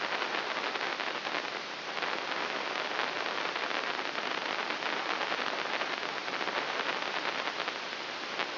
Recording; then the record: brain microelectrode recording played as sound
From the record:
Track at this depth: inside the subthalamic nucleus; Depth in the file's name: 1.1 mm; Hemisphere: left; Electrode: 3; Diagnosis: Parkinson's disease